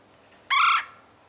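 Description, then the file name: Red-bellied woodpecker giving a single short, rolling churr call, harsh and slightly trilled, against a quiet background. "Red bellied Woodpecker Melanerpes carolinus"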